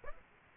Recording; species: mosquito wingbeat signal from an infrared sensor; Aedes aegypti